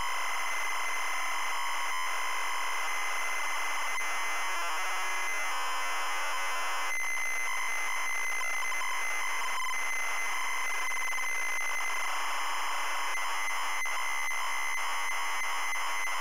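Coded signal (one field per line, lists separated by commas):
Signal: ZX Spectrum tape loading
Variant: ZX Spectrum +3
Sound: continuous harsh screeching data warble with steady whine, occasional brief dropouts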